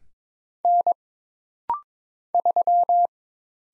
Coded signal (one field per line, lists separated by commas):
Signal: Morse code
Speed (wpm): 22 wpm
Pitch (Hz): 700 Hz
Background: none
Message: N 3